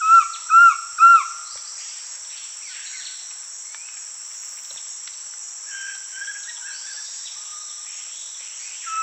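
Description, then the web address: Collared Trogon call: three quick mellow arched notes at the start, then faint scattered bird calls and a continuous high insect hum. Recorded in Peru, South America. "Natures Songs S America Collared Trogon (Trogon collaris)"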